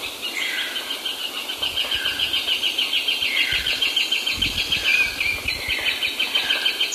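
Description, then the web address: Long-tailed woodcreeper giving a long, steady string of quick repeated notes, several per second. Recorded in Ecuador, South America. "Birds of Ecuador 2. Long-Tailed Woodcreeper"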